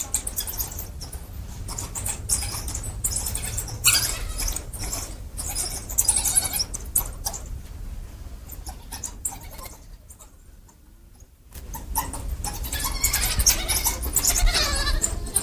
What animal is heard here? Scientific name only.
Lycaon pictus